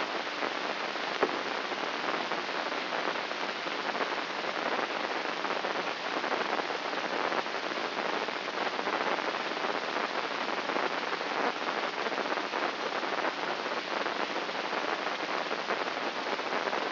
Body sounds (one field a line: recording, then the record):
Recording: brain microelectrode recording played as sound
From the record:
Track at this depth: outside the subthalamic nucleus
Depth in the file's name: 7.029 mm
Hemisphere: left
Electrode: 3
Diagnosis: Parkinson's disease